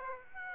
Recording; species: mosquito wingbeat signal from an infrared sensor; Aedes aegypti